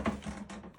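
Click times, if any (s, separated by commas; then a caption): none. A plastic bidet toilet seat is handled and slid toward its mounting bracket on the toilet bowl, giving soft scraping and tapping sounds with a low hum underneath. Nothing has seated or clicked yet.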